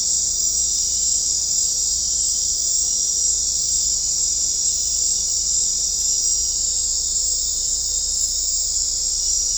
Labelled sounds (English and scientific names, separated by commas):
none